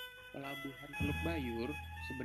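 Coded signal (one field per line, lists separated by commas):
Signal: none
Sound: music notes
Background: speech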